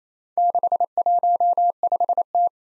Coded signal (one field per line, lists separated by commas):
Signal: Morse code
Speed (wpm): 27 wpm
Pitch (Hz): 700 Hz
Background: none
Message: 615T